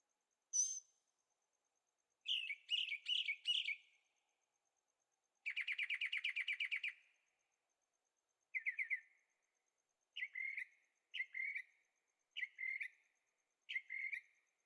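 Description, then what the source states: Bird chirps in varied bursts: a short sharp note, a few slurred chirps, a fast buzzy rattle, then a series of doubled chirps. Birds singing at night in Carefree, Arizona; recorded on a Zoom H6 with stereo microphones.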